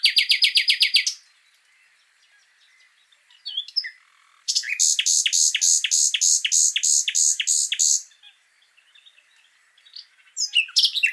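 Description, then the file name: Common nightingale song: a fast pulsing burst, a pause with a few soft notes, then a long rhythmic series of loud, evenly repeated notes lasting several seconds. "Luscinia megarhynchos"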